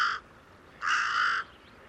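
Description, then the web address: Bird's raspy call: the tail of one caw at the start, then a single longer, drawn-out harsh caw. "cianscape. Deverinetal 2025. Bird Only"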